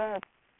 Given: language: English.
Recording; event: throat vibration sensor signal played as sound; speech